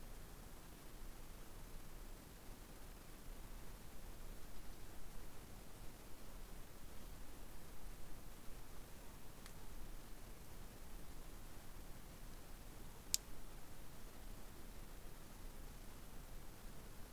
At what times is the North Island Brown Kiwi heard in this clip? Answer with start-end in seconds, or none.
none